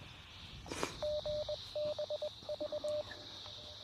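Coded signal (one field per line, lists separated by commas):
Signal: Morse code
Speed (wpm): 20 wpm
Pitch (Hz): 600 Hz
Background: radio noise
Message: GBV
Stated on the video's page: Repeater ident reached from 35 miles away with Quansheng UV-K5 and Baofeng UV-5R Mini handhelds.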